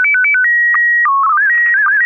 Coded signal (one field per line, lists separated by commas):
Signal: SSTV (slow-scan television)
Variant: PD 120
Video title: N6NA SSTV Net - 11/13/2024